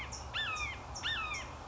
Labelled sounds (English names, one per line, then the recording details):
Red-shouldered Hawk
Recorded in Sonoma County, California